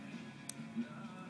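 While picking a Kwikset door lock, tension on the wrench is let go and the set pin tumblers in the cylinder drop back. A single sharp, bright click is heard at 0.5 s over a steady low background hum. The click shows the pins had been set.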